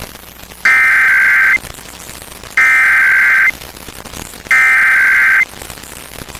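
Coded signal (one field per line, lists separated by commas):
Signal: Emergency Alert System (SAME) tones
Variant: header bursts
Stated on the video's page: Required monthly tests recorded off air with an SDR from several FM radio and TV stations.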